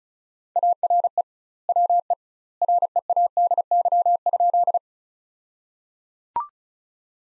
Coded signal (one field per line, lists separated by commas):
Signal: Morse code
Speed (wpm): 36 wpm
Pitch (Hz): 700 Hz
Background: none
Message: ARE WE READY?